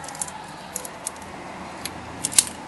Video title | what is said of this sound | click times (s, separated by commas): 2006 FORD EXPEDITION SPEED SENSOR PO720,P0722,P0731,P0732 AND P2106 | all right and you can feel it lock in all right that's it | 2.4 s